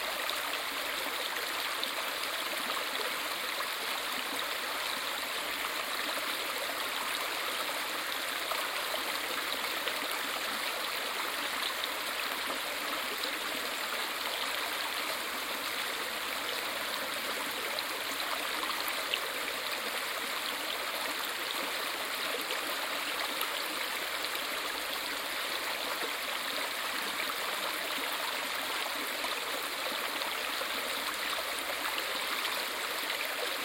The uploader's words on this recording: Crossing the Arroyo de Cándano. Ambient sound recorded along del Norte, the northern coastal route of the Camino de Santiago network of pilgrimage paths converging in Spain. These tiny meditations are made with binaural microphones. A busied river.